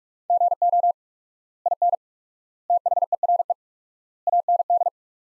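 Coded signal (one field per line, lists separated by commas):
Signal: Morse code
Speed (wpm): 46 wpm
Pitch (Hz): 700 Hz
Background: none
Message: GO IN THERE AND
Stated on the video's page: Morse practice of sentences from the top 500 words at 45 wpm with 4x standard word spacing, a Farnsworth-like method.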